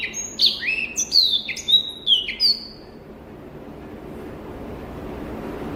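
Rüppell's warbler song: a brisk phrase of sweeping whistled notes and clicks lasting about three seconds, followed by quiet background hiss.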